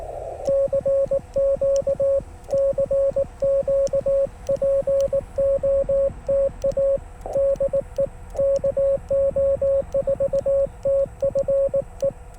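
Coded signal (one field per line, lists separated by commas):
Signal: Morse code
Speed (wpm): 18 wpm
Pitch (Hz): 550 Hz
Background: radio noise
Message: CQ CQ POTA DE KO4TFE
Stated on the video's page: CW park activation with heavy noise, possibly from speaker or charge controller, and poor band conditions.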